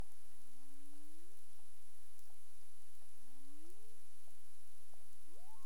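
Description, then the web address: Cetacean calls: slow upward-gliding tonal moans, two long low sweeps then a steeper rising one, over constant background hiss with faint ticks. Bermuda, 22 April 2021, 23:41, described as clicks. "CARIMAM. BERMUDE 23 h 41 clic"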